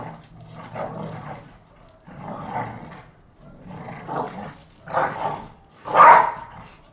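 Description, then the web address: American Pit Bull Terrier: dogs snarling in short bursts with pauses between them, building to a loud, harsh bark near the end. Two pit bulls, Tessa and Bahko, fighting. "NS Studios - ultra sound collection animals dogs - Pit bull Tessa Pit bull Bahko"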